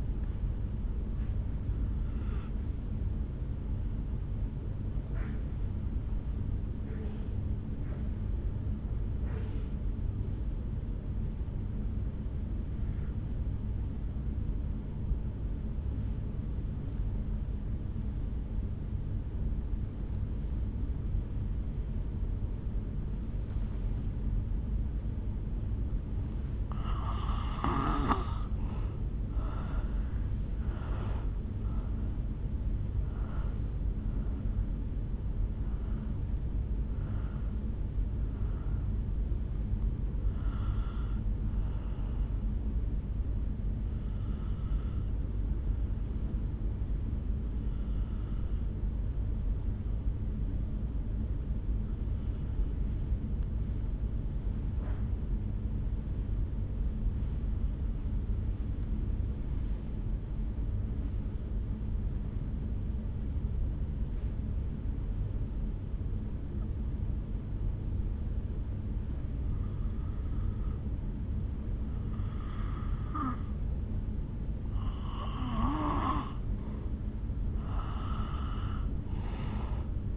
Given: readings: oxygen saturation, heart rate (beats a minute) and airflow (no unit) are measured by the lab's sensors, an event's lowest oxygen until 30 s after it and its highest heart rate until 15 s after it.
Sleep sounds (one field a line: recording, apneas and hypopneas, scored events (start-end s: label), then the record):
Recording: breathing in sleep by a smartphone at the bedside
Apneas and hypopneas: 2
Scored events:
11.00-26.40 s: obstructive apnea (N2, oxygen 96% highest, then 83% lowest, heart rate 56 at the start, 74 highest)
47.00-75.10 s: hypopnea (N2, oxygen 98% highest, then 86% lowest, heart rate 52 at the start, 70 highest)
From the record:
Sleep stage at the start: N2 (light sleep)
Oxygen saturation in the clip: 83 to 98%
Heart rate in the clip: 51 to 74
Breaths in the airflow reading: 12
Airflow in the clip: -8.8 to 6.4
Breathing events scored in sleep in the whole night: 449 in 7.0 hours asleep